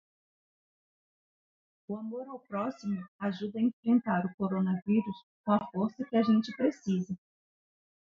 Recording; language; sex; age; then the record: spoken sentence; Brazilian Portuguese; female; 40 to 49 years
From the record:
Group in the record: control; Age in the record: 48 years